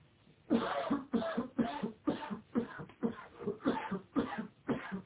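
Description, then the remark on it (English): A person coughs repeatedly, about nine harsh, raspy bursts in a steady rhythm, each one sharp at the start and quickly fading, with no talking. “I heard someone cough.”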